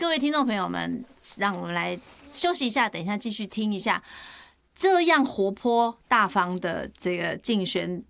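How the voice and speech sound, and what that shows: A woman speaks fluent, lively Mandarin with clear articulation and natural pitch variation: typical adult speech.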